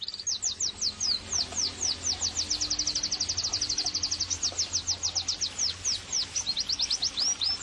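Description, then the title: White-eye delivering a long, continuous run of quick high downslurred notes that loosens into separate whistles near the end; low hum in background. Vigorously singing ('gacor') white-eye offered as bird-training (masteran) and therapy audio. "Pleci Gacor. terapi pleci dextro 87 plus masteran kenari sahdu"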